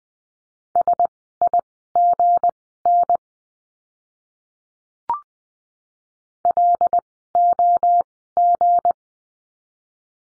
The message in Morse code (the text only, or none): SIGN LOG